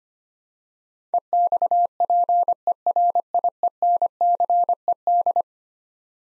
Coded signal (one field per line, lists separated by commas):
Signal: Morse code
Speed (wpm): 25 wpm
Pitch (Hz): 700 Hz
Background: none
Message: EXPERIENCED